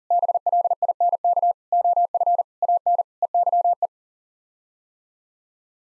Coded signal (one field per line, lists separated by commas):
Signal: Morse code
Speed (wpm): 40 wpm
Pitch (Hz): 700 Hz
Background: none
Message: BLINK OF AN EYE